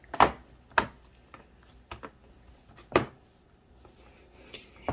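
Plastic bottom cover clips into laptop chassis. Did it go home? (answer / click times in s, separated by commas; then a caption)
yes / 0.2 s, 0.8 s, 3.0 s. The plastic bottom cover of an Asus VivoBook S510U laptop is pressed down around its edges after a battery replacement, so its retaining clips snap into the chassis. Sharp snaps land at 0.2 s, 0.8 s and 3.0 s, with softer taps and handling noise between them. The cover clips seat in place.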